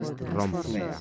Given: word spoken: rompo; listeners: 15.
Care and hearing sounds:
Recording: one Spanish word in noise, from a listening test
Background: four-talker babble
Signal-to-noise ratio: 0.1 dB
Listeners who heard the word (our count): 0 of 15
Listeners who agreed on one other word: 7 of 15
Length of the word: 0.61 s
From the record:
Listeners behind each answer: 7, 4, 2, 1, 1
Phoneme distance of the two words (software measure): 17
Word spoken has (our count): 2 syllables, 5 phonemes, stress on syllable 1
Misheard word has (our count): 2 syllables, 6 phonemes, stress on syllable 1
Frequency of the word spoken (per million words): 0.83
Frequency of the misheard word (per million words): 0.27

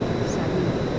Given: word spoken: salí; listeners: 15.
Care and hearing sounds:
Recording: one Spanish word in noise, from a listening test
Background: speech-shaped noise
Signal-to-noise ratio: -5.6 dB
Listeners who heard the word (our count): 0 of 15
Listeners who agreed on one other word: 11 of 15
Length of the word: 0.60 s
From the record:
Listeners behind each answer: 11, 1, 1, 1, 1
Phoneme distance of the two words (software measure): 7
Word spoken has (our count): 2 syllables, 4 phonemes, stress on syllable 2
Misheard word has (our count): 2 syllables, 5 phonemes, stress on syllable 2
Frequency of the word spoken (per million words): 13.03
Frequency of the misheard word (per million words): 147.13

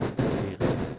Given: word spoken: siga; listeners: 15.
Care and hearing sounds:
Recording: one Spanish word in noise, from a listening test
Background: noise modulated by one talker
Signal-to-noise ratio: -12.1 dB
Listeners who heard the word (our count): 3 of 15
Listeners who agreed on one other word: 9 of 15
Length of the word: 0.59 s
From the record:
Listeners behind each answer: 9, 3, 1, 1, 1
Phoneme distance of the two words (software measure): 10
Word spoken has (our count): 2 syllables, 4 phonemes, stress on syllable 1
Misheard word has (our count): 2 syllables, 4 phonemes, stress on syllable 1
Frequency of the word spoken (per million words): 22.91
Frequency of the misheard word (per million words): 174.22

